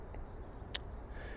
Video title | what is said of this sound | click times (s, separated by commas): Olympus M.Zuiko 300mm f4.0 IS PRO Overview / Review | pretty much can lock into place there in order | 0.8 s